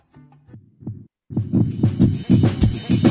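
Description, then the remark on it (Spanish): A heartbeat sound effect for the radio program Latido Americano: deep, rhythmic thumps that start soft and sparse, then break into a loud, steady, quick pulse layered with a brighter wash of sound. “Hey, Latido Americano, latiendo al ritmo de América Latina.”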